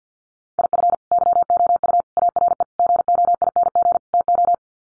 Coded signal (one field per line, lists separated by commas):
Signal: Morse code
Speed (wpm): 50 wpm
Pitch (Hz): 700 Hz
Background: none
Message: IF YOU ARE GOING TO